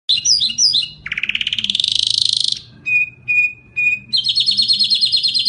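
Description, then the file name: Bimaculated lark song mixing twittered notes, a rising buzzy trill, three short whistled pips and a final rapid rattle. "drunk sound bimaculated lark"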